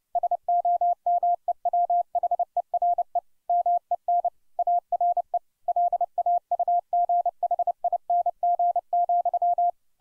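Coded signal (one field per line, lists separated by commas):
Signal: Morse code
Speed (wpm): 29 wpm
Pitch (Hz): 700 Hz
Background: none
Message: SOMEWHERE MEN ARE LAUGHING,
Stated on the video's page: Morse code copying practice at 30 wpm, sending a well-known poem.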